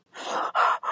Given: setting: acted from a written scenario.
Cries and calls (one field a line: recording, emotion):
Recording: vocal sound without words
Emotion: fear